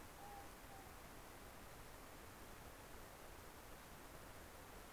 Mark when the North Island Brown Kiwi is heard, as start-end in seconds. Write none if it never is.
none